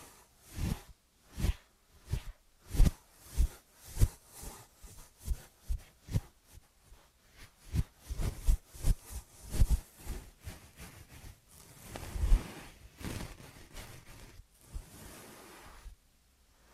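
Ear and scalp massage sounds: a steady run of soft rubbing strokes and muffled taps, about two each second, each with a dull low thump and a crisp brush. Near twelve seconds the rubbing turns denser and scratchier, then the strokes thin out and quiet down.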